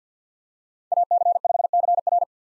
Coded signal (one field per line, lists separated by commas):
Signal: Morse code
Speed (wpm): 50 wpm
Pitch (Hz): 700 Hz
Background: none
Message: AC5CR